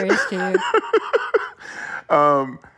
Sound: laughter

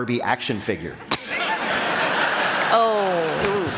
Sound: laughter

